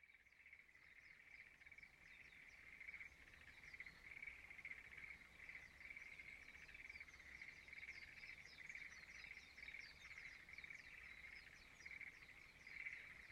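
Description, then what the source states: Frogs trilling together in a steady pulsed chorus, with rapid high chirps scattered above. Frogs singing in a rice field at dawn in Izumo, Shimane, Japan.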